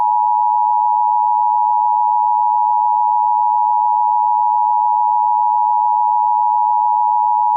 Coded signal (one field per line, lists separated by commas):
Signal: Emergency Alert System (SAME) tones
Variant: 853 and 960 Hz attention tone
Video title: EAS Child Abduction Emergency (AMBER Alert) Kent, Washington Statewide Alert